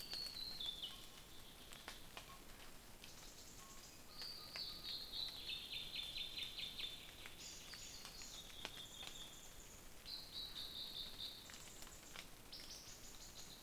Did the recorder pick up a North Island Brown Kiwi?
no